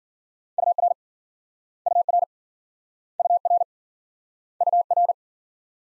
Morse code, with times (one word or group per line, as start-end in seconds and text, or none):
0.6-0.9 UR
1.9-2.2 UR
3.2-3.6 UR
4.6-5.1 UR